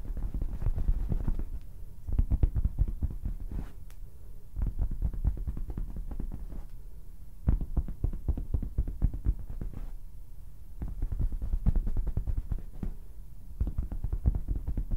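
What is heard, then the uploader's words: Fabric is scratched and rubbed in dense, rapid bursts of low, muffled thuds and rustles, coming in clusters with brief near-silent gaps around 2, 4, 7, 10 and 13 seconds. The sound stays dull and heavy, with little brightness. ASMR THE MOST COMFY AND SOFT SOUNDS TO SLEEP FABRIC SCRATCHING, RUBBING AND TAPPING - NO TALKING.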